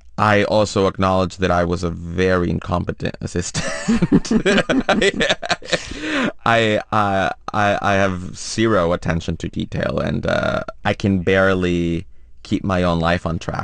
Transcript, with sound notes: I also acknowledge that I was a very incompetent assistant.
(LAUGHTER)
I have zero attention to detail and I can barely keep my own life on track,